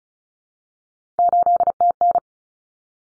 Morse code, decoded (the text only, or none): 8TN